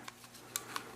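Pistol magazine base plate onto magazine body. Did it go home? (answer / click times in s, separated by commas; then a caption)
no / none. A pistol magazine base plate is handled over the spring and magazine body while a cleaned pistol magazine is being reassembled, giving faint ticks near 0.1 and 0.2 seconds and sharper light clicks at 0.6 and 0.8 seconds over a steady low hum. The base plate has not snapped home yet; nothing has seated.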